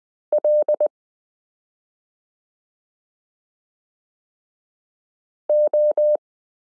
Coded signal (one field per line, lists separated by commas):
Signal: Morse code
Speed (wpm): 20 wpm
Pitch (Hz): 600 Hz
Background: none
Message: L O